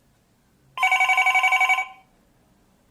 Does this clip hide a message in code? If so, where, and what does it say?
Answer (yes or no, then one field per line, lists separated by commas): no